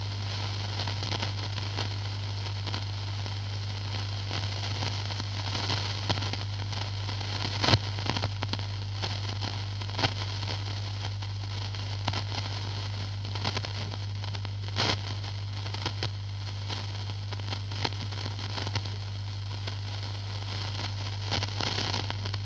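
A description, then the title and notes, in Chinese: Old radio tuning noise: a steady hiss fills the whole clip over a constant low hum. Sharp crackles and pops break through irregularly, with louder clicks around 8, 15 and 22 seconds, while faint tonal bands sit unchanging in the middle. 录了一段海燕T241老式收音机调频噪音。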